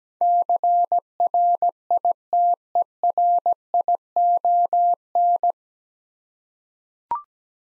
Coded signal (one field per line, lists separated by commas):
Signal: Morse code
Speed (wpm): 17 wpm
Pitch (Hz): 700 Hz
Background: none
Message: CRITERION